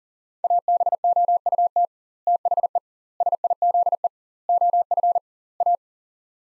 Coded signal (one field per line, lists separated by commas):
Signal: Morse code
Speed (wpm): 40 wpm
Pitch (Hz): 700 Hz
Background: none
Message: ABOUT THE SIZE OF A